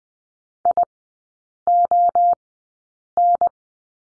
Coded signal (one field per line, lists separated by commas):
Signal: Morse code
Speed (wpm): 20 wpm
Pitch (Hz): 700 Hz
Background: none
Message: ION